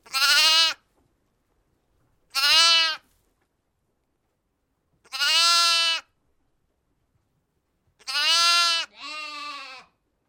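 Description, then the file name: Lamb giving high, quavering bleats, four spaced calls with the last one doubled into a quick follow-on bleat, nothing else audible. "zvuki iagnenka"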